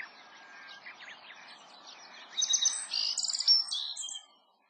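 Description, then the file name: Black-faced bunting song phrase in the second half, with sharp high chirps and short trills, after softer chatter. Recorded at Watarase on 22 April 2008. "aoji watarase hirano"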